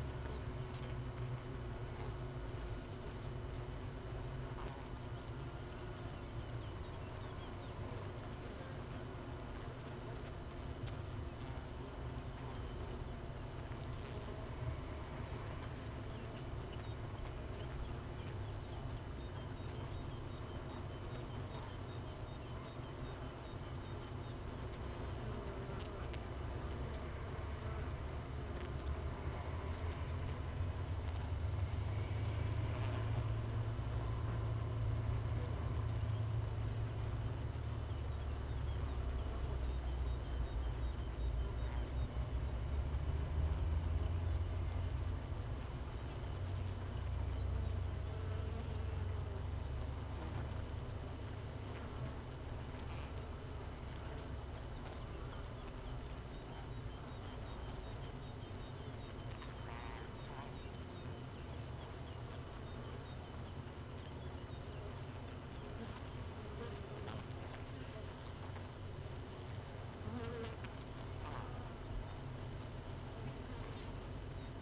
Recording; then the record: honeybee colony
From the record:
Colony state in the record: missing queen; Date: 31 May 2018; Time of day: 6:11